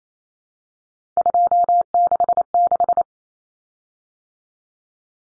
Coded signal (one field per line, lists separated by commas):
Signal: Morse code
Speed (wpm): 28 wpm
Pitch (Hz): 700 Hz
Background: none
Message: 266